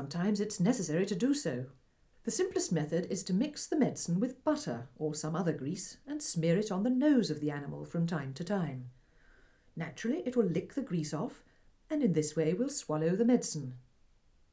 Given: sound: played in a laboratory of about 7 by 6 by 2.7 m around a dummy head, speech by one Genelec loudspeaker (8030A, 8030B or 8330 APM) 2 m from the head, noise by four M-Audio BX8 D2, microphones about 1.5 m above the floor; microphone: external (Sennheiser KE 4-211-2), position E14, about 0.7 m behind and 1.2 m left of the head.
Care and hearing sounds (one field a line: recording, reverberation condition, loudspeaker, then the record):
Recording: female speech in English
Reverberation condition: low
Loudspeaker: 150 degrees to the left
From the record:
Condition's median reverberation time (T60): about 310 ms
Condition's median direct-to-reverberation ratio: about 3.5 dB